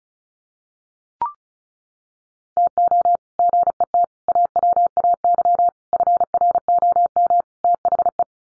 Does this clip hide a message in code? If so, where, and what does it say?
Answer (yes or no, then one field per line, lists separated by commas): yes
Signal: Morse code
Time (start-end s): 2.6-8.2 s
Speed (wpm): 34 wpm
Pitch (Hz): 700 Hz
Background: none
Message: TO GET AWAY FROM THE